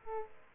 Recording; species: mosquito wingbeat signal from an infrared sensor; Aedes aegypti